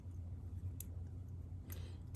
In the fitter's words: that should help yeah I just heard it click in